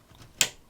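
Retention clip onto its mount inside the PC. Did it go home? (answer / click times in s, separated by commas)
yes / 0.4 s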